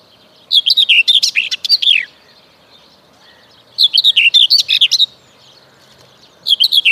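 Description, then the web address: Common whitethroat song: longer scratchy, chattering phrases of one to one and a half seconds, repeated about every three seconds. "Przyroda Ptaki Cierniówka"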